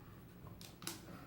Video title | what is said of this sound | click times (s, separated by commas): Kitchen Basics 3-In-1 Grinder Review | and that lines up with the lines to let you know that it's locked on there as you can see | 0.9 s